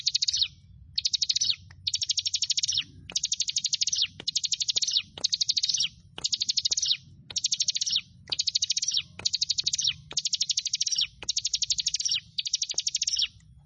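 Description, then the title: Bar-winged prinia singing a long series of fast, high trilled phrases, each under a second, repeated roughly every second with brief pauses, and a faint low hum underneath. "Ciblek Sawah"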